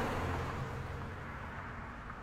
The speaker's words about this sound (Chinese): 他一松手，车正好起步，那浅金色的系列落在地上，被抛却在滚滚的车流之中。